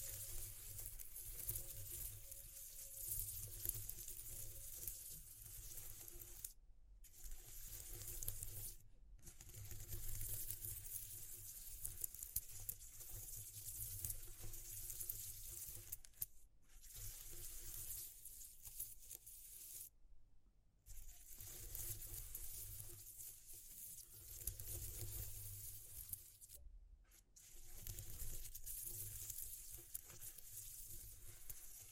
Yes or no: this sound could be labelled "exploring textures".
yes